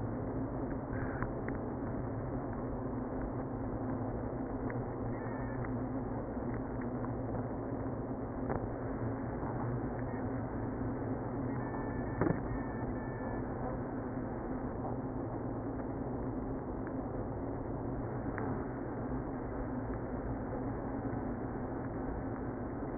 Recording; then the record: honeybee colony, microphone inside the hive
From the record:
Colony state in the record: queenless (queen removed); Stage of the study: after two queens were removed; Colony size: about 60,000 bees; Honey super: yes